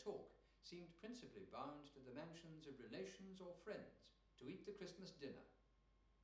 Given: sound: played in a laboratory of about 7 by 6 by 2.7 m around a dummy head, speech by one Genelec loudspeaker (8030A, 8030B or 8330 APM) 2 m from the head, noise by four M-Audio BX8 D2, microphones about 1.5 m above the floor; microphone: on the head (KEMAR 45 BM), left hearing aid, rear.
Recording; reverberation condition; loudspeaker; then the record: male speech in English; medium; 150 degrees to the left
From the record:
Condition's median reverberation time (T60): about 510 ms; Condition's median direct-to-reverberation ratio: about -0.5 dB